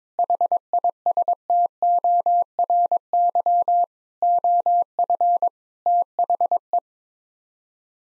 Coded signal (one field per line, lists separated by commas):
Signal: Morse code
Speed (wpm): 22 wpm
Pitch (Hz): 700 Hz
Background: none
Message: HISTORY OF THE